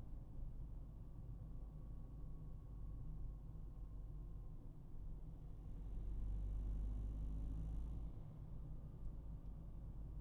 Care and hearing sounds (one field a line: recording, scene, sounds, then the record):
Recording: everyday scene through a hearing-aid microphone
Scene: in a vehicle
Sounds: engine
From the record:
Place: Berlingo II, diesel engine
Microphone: behind the ear, right, front